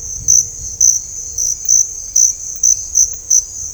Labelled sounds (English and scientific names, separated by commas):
none